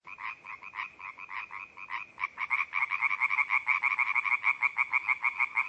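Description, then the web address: European tree frog calling: rapid rasping croaks, softer and uneven for the first two seconds, then louder in a fast, steady series to the end. "Laubfrosch"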